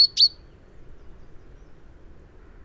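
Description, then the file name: Common chaffinch giving two short, sharp, bright call notes at the very start, followed by quiet low background hum. "Fringilla coelebs"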